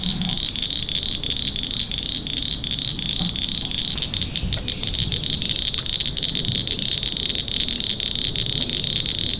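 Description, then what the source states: Northern cricket frog: rapid clicks running continuously. Recorded in Maryland.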